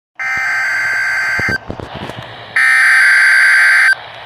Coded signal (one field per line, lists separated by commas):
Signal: Emergency Alert System (SAME) tones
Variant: header bursts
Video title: Required Weekly Test (EAS 155) 5/31/23